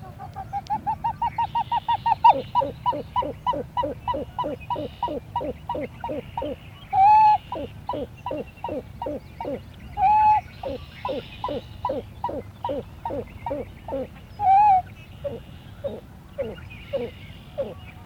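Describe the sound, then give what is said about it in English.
A pied-billed grebe on a pond gives a long, loud series of hollow, evenly spaced cuckoo-like notes. The series speeds up at the start, then keeps a steady pulse, broken by a few longer, drawn-out wailing notes. “Scarcely prepared for the next demonstration, when the startling call of the pied-billed grebe reverberates across the pond.”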